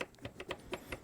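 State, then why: Seated. The metal latch on a rebuilt rear 60/40 seat bottom from a 1995–2000 GM OBS Chevy/GMC SUV truck, whose torn, damaged leather has been replaced, is cycled by hand as a check before the seat goes back into the vehicle. Sharp latch clicks sound at 0.0, 0.3, 0.4, 0.5, 0.7 and 0.9 seconds. The latch works okay and latches as it should.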